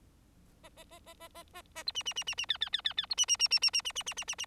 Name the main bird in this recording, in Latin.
Lonchura striata domestica